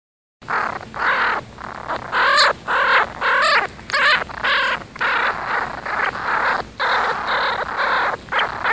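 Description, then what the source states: Skunk kits squealing: breathy, wavering squeaks and hisses in short bursts, roughly two per second, some rising and falling in pitch. Baby skunks.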